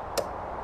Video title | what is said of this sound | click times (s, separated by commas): My Oil Catch Can after 7500 miles of driving C8 Corvette Z51 stingray? Worth it? How much was in it? | that's how you click it back in | 0.2 s